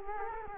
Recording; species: mosquito wingbeat signal from an infrared sensor; Culex quinquefasciatus